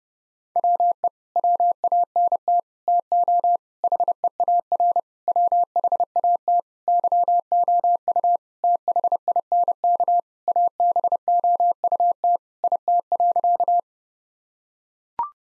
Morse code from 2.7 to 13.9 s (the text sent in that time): TO HEAR WHAT YOU THINK ABOUT IT.